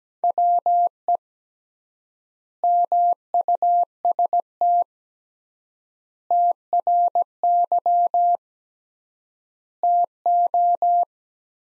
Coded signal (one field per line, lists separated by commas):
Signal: Morse code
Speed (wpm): 17 wpm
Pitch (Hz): 700 Hz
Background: none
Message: WE MUST TRY TO